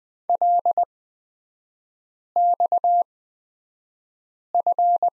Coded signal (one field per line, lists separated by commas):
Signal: Morse code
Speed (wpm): 20 wpm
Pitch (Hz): 700 Hz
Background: none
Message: LXF